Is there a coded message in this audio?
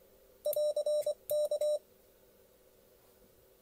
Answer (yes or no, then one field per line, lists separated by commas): yes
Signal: Morse code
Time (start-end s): 0.5-1.8 s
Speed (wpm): 20 wpm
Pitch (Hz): 600 Hz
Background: none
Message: <AR>K